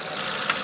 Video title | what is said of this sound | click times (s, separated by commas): Recharge Car Air Conditioner | all we're going to do is push down until it clicks | 0.5 s